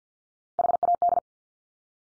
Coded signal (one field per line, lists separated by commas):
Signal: Morse code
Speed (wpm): 50 wpm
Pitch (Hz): 700 Hz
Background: none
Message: HAD